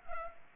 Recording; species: mosquito wingbeat signal from an infrared sensor; Culex pipiens